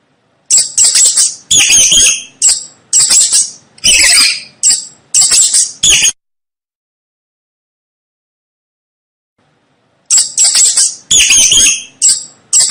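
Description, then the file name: Mouse squeaks, a fast series of several shrill chirping bursts, a four-second silence, then another rapid run of squeaks. Mouse squeaking to help a baby fall asleep. "Tieng chuot keu cho be ngu"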